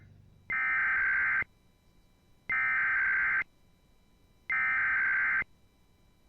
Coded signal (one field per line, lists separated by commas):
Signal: Emergency Alert System (SAME) tones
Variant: header bursts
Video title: A Day of RMTs (EAS #979-#982)